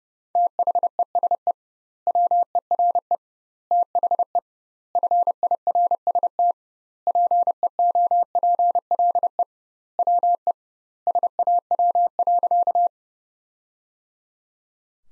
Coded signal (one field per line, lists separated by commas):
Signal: Morse code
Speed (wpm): 32 wpm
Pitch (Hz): 700 Hz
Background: none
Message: THESE WERE THE FIRST PEOPLE WE SAW.